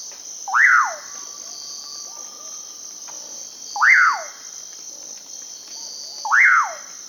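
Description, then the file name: Pauraque whistling three times, about three seconds apart, each note swooping up and then falling, over a constant shrill insect chorus. Recorded in Peru, in the Amazon region. "Pauraque (Nyctidromus albicollis), Peru"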